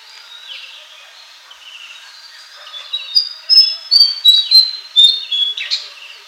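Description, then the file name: Flycatcher singing: soft scratchy warbling builds into a loud run of clear high whistled notes and sharp chips. "suara burung sikatan"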